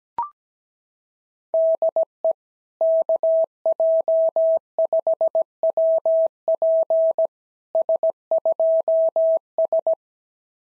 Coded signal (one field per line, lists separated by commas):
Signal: Morse code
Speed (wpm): 17 wpm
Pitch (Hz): 650 Hz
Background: none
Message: DE KJ5WP S2S